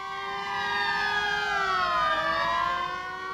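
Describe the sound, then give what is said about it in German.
A police alarm siren wails steadily in the standby room of police task groups 3 and 4, its layered tones sliding slowly downward in pitch over a few seconds, loud and continuous with no voices. “2 Minuten später ertönt im Bereitschaftsraum der Polizeieinsatzgruppen 3 und 4 das Alarmsignal.”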